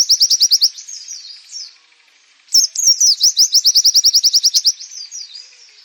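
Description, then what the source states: White-eye trilling at a high pitch: a short fast burst, a brief lull, then a longer rapid run of repeated chirps. Nembak, a rapid song style used for training birds.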